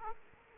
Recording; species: mosquito wingbeat signal from an infrared sensor; Aedes aegypti